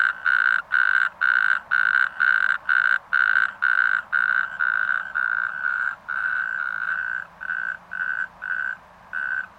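Natterjack toad calling, a loud rattling trill broken into short bursts about twice a second, later bursts longer and slightly softer.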